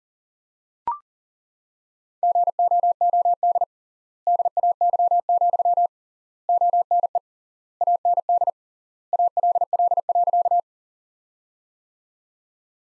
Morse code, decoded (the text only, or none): GOOD DAY, ONE AND ALL.